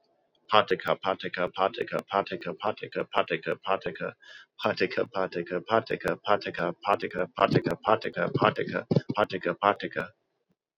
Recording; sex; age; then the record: repeated syllables /pa ta ka/; male; 30 to 39 years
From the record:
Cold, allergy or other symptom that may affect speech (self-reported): no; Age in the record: 33 years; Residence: Ohio, United States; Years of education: 18